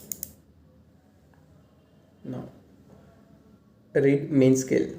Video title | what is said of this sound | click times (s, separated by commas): How To Use Micrometer -- Micrometer Kaise Dekhte Hain -- How To Read Micrometer | apply force using wretched till click sound insert | 0.1 s, 0.2 s